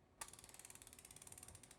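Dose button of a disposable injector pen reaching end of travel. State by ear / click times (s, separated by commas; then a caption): not seated / none. The dose button of a pre-filled disposable Wegovy injector pen is pressed without injecting, and the dial ratchets back toward zero. After a brief quiet start, a sharp tick at 0.2 s begins a fast, even run of bright ratcheting ticks that continues to the end of the clip. The dial has not reached the end of travel, and the louder end-of-dose click has not sounded yet.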